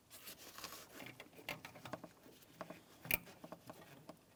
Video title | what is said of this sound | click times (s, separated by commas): How to Replace High Beam Bulbs 2007-2014 GMC Sierra 2500 HD | Press that in, listen for a click. That feels good. | 3.1 s